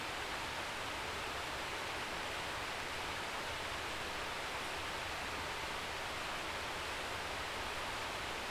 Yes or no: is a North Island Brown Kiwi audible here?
no